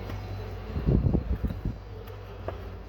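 A rubber all-weather floor mat in a Hyundai is pulled back slightly and lined up over its retention hole above the floor retention hook, ready to be pushed down. A low steady rumble runs under bursts of rubbing and shuffling between about 0.8 and 1.7 seconds, with brief sharp ticks near 1.2 and 2.5 seconds. The mat has not yet been pressed on, and nothing has seated or clicked.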